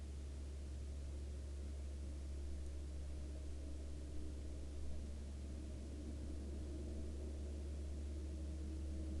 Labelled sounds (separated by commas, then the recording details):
aircraft
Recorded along the Dempster Highway, Canada, on 15 April 2020 at 06:16
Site 11